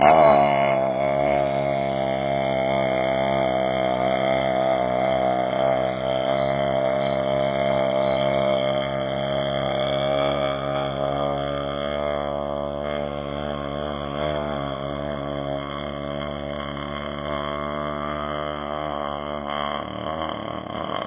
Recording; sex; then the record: sustained vowel /a/; male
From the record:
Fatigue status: no fatigue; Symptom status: asymptomatic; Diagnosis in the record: COVID-19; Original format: 3gp